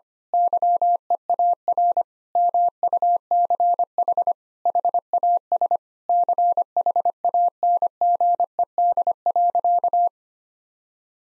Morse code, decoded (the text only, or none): YEAR MUCH HAS CHANGED.